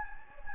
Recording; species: mosquito wingbeat signal from an infrared sensor; Anopheles gambiae